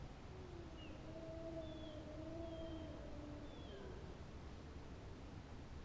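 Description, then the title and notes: Wolf howls, faint and drawn-out, two steady parallel tones with a few thin higher squeals above, under a hissy background. Wild wolf pack howling in chorus on an evening in the forêt de Chabrières, near the reserve; pack slightly left of a microphone left in place beforehand to await the howling. "Les loups. forêt de Chabrières. Réalisation: Henri Morelle"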